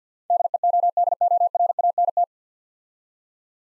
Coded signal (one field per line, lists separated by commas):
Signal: Morse code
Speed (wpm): 54 wpm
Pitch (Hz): 700 Hz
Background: none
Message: DEODORANT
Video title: Easy Words - Speed-Racing with Hints - 50wpm